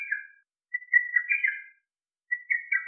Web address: Lesser cuckoo